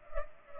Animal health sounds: mosquito wingbeat signal from an infrared sensor; Culex pipiens

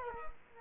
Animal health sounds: mosquito wingbeat signal from an infrared sensor; Culex quinquefasciatus

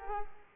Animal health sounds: mosquito wingbeat signal from an infrared sensor; Culex quinquefasciatus

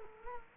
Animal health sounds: mosquito wingbeat signal from an infrared sensor; Culex quinquefasciatus

